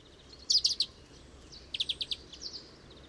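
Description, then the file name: European greenfinch calls: two quick bursts of four or five bright, chirping notes, then a few fainter notes. "Chloris chloris"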